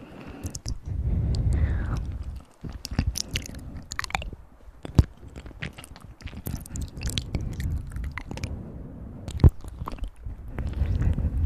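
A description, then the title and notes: Wet mouth sounds fill the clip: irregular clicks, smacks and chewing-like crunches scattered throughout, with sharp pops near five and nine and a half seconds. Soft low breathy rumbles swell and fade underneath, and a brief rising squeak appears around two seconds. Mouth Sounds & Breathing.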